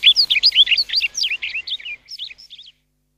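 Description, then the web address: Rustic bunting singing one quick melodious phrase of jumbled, bouncing high notes that fades and drops in volume toward its end. "sikioto. kashiradaka"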